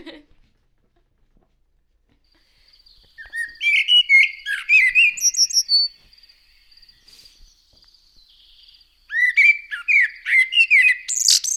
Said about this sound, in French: On peut écouter le merle, Bastien, s'il te plaît ? Le merle !